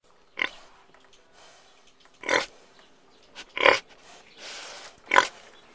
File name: cerdo